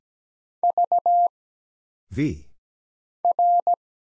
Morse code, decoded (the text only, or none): V R